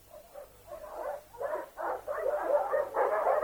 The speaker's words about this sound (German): Gebell? Ich hab's die ganze Nacht gehört, mein Guter, von Kammer zu Kammer. Einmal ferner, einmal näher. Sie haben eine Ausdauer, die mich rührt.